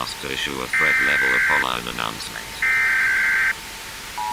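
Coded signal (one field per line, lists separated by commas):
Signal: Emergency Alert System (SAME) tones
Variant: header bursts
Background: speech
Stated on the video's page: Fictional EAS test made on a mobile phone app.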